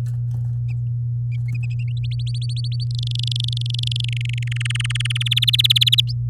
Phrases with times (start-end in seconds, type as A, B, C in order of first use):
2.11-2.84 A, 2.90-4.05 B, 4.08-4.48 C, 4.51-5.23 D, 5.25-6.01 E, 6.08-6.13 F